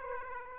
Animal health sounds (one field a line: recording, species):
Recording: mosquito wingbeat signal from an infrared sensor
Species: Aedes aegypti